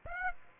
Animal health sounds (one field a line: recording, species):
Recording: mosquito wingbeat signal from an infrared sensor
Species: Aedes aegypti